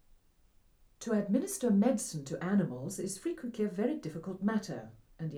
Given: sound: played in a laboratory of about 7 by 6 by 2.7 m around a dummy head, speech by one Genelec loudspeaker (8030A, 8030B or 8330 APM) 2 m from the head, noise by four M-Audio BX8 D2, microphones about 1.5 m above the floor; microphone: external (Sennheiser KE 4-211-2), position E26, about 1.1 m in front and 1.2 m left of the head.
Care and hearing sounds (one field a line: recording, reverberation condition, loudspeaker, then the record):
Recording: female speech in English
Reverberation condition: low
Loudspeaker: in front (0 degrees)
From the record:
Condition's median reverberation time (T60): about 310 ms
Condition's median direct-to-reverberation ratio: about 3.5 dB